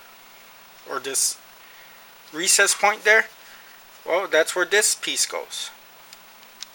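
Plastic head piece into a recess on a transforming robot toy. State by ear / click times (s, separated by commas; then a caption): seated / 6.6 s. Someone talks while a plastic head piece is pressed into a recess point on a Unique Toys UT-W02 War Lord Ironhead transforming robot toy (aka Transformers Decepticon Predaking Headstrong). After a faint tick at 6.1 s, a sharp click comes at 6.6 s as the head locks into place, seated.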